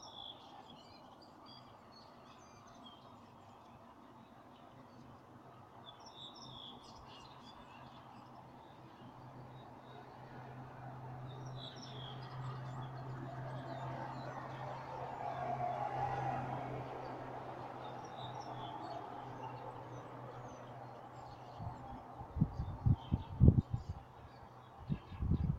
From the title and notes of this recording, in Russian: Звуки рассвета. Утро в Тюмени.